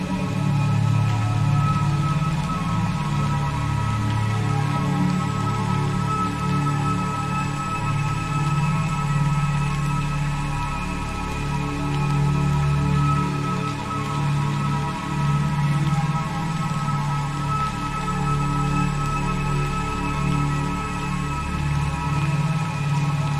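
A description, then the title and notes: Steady, even rain patter runs throughout under a sustained low, humming drone with faint held higher tones, unchanging from start to finish. The rhythmic patter of rain. The gentle sounds of raindrops.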